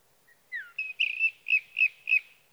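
Sage thrasher song, a falling slurred whistle followed by a string of five or six quick repeated warbled notes.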